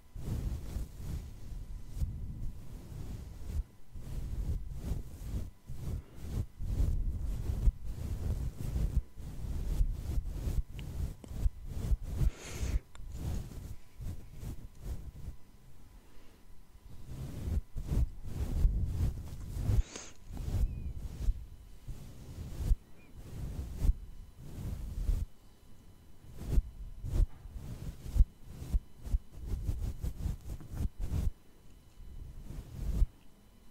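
Soft brushing against a face, heard as a dense run of quick, irregular strokes with a dull, low rumble beneath each pass. The strokes come in bursts with brief lulls near 4 and 15 seconds, and a few brighter scratches stand out around 12 and 20 seconds.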